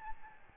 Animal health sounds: mosquito wingbeat signal from an infrared sensor; Aedes albopictus

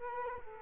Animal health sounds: mosquito wingbeat signal from an infrared sensor; Culex quinquefasciatus

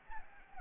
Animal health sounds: mosquito wingbeat signal from an infrared sensor; Anopheles arabiensis

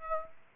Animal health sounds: mosquito wingbeat signal from an infrared sensor; Aedes aegypti

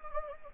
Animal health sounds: mosquito wingbeat signal from an infrared sensor; Anopheles gambiae

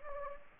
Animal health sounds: mosquito wingbeat signal from an infrared sensor; Anopheles gambiae

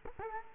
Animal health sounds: mosquito wingbeat signal from an infrared sensor; Culex quinquefasciatus

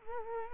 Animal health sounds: mosquito wingbeat signal from an infrared sensor; Culex quinquefasciatus

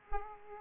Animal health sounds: mosquito wingbeat signal from an infrared sensor; Aedes aegypti

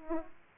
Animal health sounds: mosquito wingbeat signal from an infrared sensor; Aedes aegypti

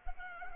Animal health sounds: mosquito wingbeat signal from an infrared sensor; Culex pipiens

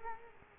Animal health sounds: mosquito wingbeat signal from an infrared sensor; Culex quinquefasciatus

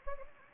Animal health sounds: mosquito wingbeat signal from an infrared sensor; Anopheles gambiae

